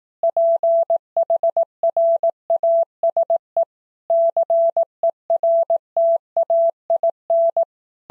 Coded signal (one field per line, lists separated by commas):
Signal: Morse code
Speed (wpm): 18 wpm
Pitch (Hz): 670 Hz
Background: none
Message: PHRASE CERTAIN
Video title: Morse Code: words at 18wpm